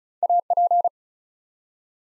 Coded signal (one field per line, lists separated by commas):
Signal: Morse code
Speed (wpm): 36 wpm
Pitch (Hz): 700 Hz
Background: none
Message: AP